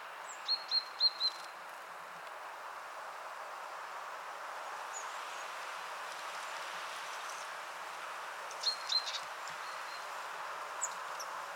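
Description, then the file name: Great tit calls: a quick run of three or four thin, high notes, then a shorter burst later on, over steady background noise. "Parus major"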